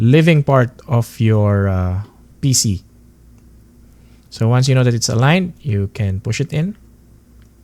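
Someone talks while a DDR5 memory module is lined up with a motherboard DIMM slot, ready to be pushed in, during a rebuild of a PC damaged by a power surge. Nothing has seated or clicked yet; the clip ends with only quiet handling after the speech.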